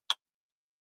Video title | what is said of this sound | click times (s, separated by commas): Live from the bunker! Adversary Vampire drop. NEW FOLDER talks, giveaways!! | I I'm used to that click, no rattle. | 0.1 s